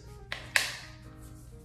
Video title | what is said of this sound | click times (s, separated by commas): RedPepper iPhone 12 Pro Full Body Case Review & Unboxing | then it snaps into place. | 0.3 s, 0.6 s